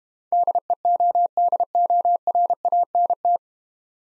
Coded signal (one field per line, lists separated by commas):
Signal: Morse code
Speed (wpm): 32 wpm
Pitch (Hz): 700 Hz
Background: none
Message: DEODORANT